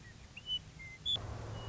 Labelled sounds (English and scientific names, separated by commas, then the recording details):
Western Meadowlark (Sturnella neglecta)
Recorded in Sonoma County, California